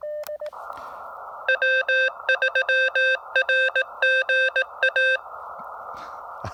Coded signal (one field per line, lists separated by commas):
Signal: Morse code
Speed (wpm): 18 wpm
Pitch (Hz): 1550 Hz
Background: none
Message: W3RGA